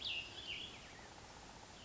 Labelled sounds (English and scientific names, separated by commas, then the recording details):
Cassin's Vireo (Vireo cassinii)
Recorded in Sonoma County, California